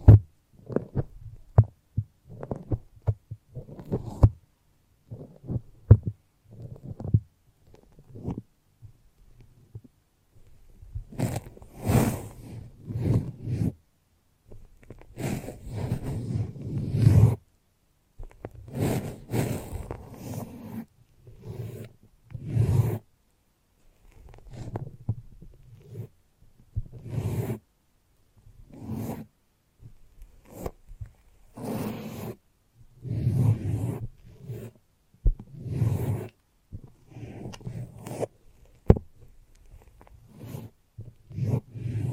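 Brain massage sounds made with sticky foam: quick, close-packed squishes and crackles, mostly low and dull at first. Around eleven seconds the strokes grow brighter and crisper, coming in irregular bursts with short pauses between them until the end.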